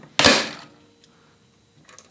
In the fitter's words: comes out and it does make a loud noise